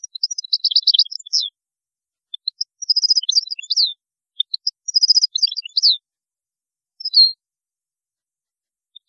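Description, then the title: European goldfinch song: bright twittering phrases of rapid tinkling notes and buzzy trills high in pitch, in three bursts separated by short pauses, with a lone note near the end. "Chant Chardonneret"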